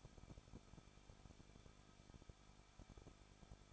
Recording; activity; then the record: daily activity, microphone in the room; no activity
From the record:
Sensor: 5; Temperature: 20.9 degrees Celsius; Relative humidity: 38.1%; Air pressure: 1006.4 hPa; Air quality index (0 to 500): 187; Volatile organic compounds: 18 ppm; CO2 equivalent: 2624 ppm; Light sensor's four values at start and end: 2/3/1/1 and 2/3/1/1